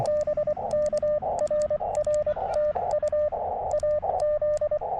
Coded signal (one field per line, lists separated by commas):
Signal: Morse code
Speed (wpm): 24 wpm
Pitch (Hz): 600 Hz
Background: radio noise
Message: BK RR TU AZ